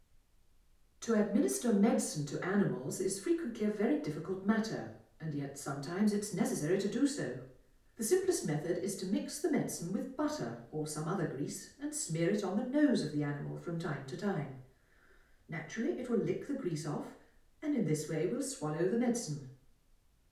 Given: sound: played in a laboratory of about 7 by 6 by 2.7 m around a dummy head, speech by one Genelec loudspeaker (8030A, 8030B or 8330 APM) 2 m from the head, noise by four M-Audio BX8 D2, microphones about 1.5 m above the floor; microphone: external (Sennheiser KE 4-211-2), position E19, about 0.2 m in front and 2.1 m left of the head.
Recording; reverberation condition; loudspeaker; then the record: female speech in English; medium; 120 degrees to the right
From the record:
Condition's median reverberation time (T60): about 510 ms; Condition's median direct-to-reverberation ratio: about -0.5 dB